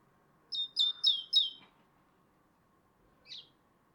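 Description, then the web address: Great tit calls: a quick run of four high notes, each sliding downward, followed by a single fainter note a moment later. "SETE data Parus major"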